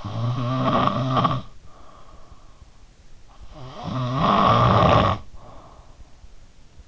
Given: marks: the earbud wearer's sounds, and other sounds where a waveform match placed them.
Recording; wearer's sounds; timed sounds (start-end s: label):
sounds in sleep by an in-ear microphone; snoring breath
0.00-2.56 s: snoring breath
3.25-6.11 s: snoring breath